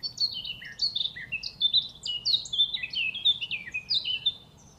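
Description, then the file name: Eurasian blackcap song, a continuous rich warble of quick fluty and twittering phrases running without pause, over a soft low background hum. "Sylvia atricapilla"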